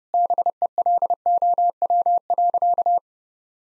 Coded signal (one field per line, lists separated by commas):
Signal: Morse code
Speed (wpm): 30 wpm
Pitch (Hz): 700 Hz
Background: none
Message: BELOW.